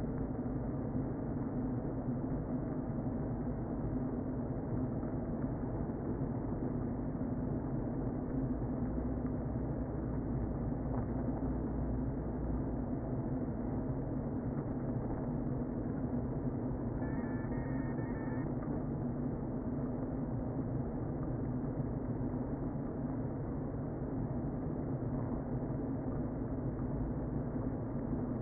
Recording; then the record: honeybee colony, microphone inside the hive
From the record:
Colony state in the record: queen present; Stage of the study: before two queens were removed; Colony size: about 60,000 bees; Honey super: yes